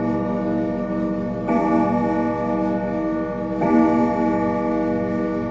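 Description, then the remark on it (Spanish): A living room clock chimes at 12:15, two resonant strikes a couple of seconds apart, each ringing out in a sustained, harmonic-rich tone over a steady background hum; no one speaks. “De nuevo oí a las 12:15 las campanadas del reloj del salón.”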